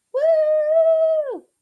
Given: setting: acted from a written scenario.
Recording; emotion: vocal sound without words; triumph